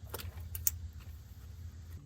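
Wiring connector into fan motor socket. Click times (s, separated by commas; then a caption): 0.7 s. A wiring connector is pushed into the fan motor socket on a 2017–2022 Honda CR-V during an AC condenser fan and cooling fan replacement. A few faint ticks at about 0.2 and 0.6 seconds are followed by one sharp, short click at 0.7 seconds over a steady low hum. The connector clicks in and is seated.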